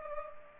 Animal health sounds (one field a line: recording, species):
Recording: mosquito wingbeat signal from an infrared sensor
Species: Culex pipiens